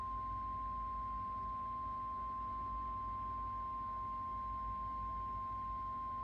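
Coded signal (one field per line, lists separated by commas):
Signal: Emergency Alert System (SAME) tones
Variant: 1050 Hz attention tone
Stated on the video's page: EAS tornado and flash flood watches from NOAA Weather Radio.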